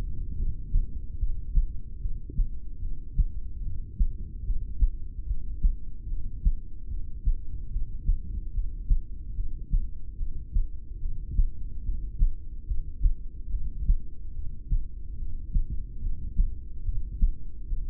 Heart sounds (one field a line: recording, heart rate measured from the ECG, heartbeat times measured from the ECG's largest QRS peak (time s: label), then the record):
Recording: heart sounds by stethoscope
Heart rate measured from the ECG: 73 bpm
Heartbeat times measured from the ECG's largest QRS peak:
0.33 s: heartbeat
1.15 s: heartbeat
1.96 s: heartbeat
2.77 s: heartbeat
3.58 s: heartbeat
4.41 s: heartbeat
5.22 s: heartbeat
6.04 s: heartbeat
6.85 s: heartbeat
7.66 s: heartbeat
8.49 s: heartbeat
9.31 s: heartbeat
10.13 s: heartbeat
10.96 s: heartbeat
11.79 s: heartbeat
12.63 s: heartbeat
13.46 s: heartbeat
14.30 s: heartbeat
15.13 s: heartbeat
15.97 s: heartbeat
16.80 s: heartbeat
17.64 s: heartbeat
From the record:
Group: heart failure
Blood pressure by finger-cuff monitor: 101/63 mmHg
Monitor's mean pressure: 79 mmHg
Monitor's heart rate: 73 bpm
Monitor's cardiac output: 6.6 L/min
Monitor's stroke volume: 89 mL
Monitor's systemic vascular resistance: 860 dyn s/cm5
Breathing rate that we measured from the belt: 16 breaths a minute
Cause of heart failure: ischemic heart disease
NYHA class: 2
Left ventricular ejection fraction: 28%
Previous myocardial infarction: present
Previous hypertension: present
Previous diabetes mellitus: present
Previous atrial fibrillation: present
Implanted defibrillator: present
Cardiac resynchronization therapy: present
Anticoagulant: apixaban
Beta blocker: bisoprolol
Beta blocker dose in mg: 10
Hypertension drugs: sacubitril-valsartan, spironolactone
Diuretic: furosemide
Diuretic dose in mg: 20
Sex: male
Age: 62 years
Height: 178 cm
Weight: 88.3 kg